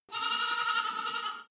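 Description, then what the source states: Goat bleat, a single steady baa held for over a second with rich harmonics. Young goat, bleating at a distance.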